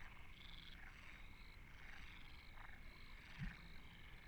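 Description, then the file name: Frogs give rasping pulsed croaks in overlapping bursts, with a continuous high tone and one brief low knock. Frogs at Deltebre in the Ebro Delta. "Postpaisatge Granotes Deltebre"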